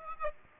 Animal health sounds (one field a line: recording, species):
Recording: mosquito wingbeat signal from an infrared sensor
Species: Aedes aegypti